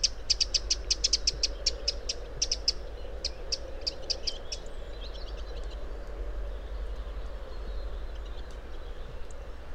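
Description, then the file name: Eurasian wren uttering fast runs of hard ticking notes that thin out and fade, with faint high chips later and a low background hum. "Troglodytes troglodytes"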